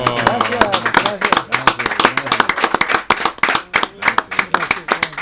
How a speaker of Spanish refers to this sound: Un aplauso para ellos. Bravo.